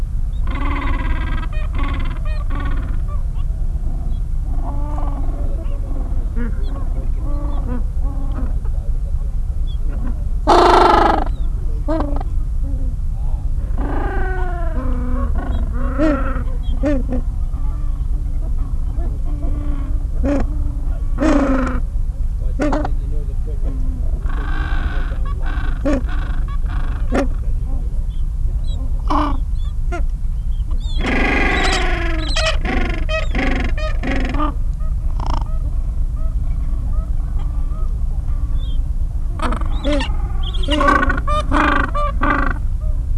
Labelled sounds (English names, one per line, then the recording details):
Gentoo Penguin
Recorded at the colony at Neko Harbor, Antarctica, on 26 January 2015
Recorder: Song Meter SM2+